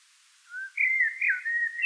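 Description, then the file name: Eurasian blackbird giving a short run of clear, fluty whistles that slide up and down, ending on a higher note. "Turdus merula"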